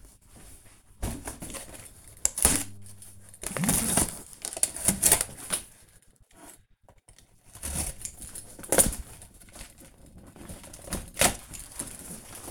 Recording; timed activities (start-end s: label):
household activities, microphone on the right wrist
0.00-12.51 s: cutting cardboard